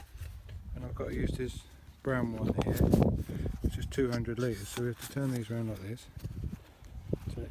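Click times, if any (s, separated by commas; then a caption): 6.8 s, 7.1 s. A farmer rotates a multi-nozzle holder on a crop sprayer boom to select the brown 200 L/ha nozzle for spraying sugar beet, turning it into its detent position while someone talks. Short clicks are heard at 6.9 s and 7.1 s as the nozzle holder clicks into position.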